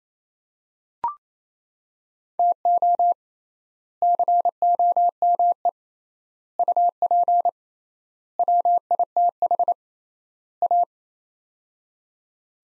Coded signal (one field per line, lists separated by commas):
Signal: Morse code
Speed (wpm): 28 wpm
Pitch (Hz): 700 Hz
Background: none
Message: TO COME UP WITH A